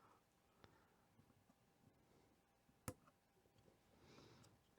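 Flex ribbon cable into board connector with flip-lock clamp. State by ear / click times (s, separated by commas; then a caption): seated / 2.9 s. A flat ribbon cable is slid into its connector on the camera board, and the small black plastic flip-lock clamp is flipped down to lock it. A faint tick comes at 0.6 s, then a sharp, loud click at 2.9 s as the clamp snaps closed. The cable is seated with the white line aligned for good contact.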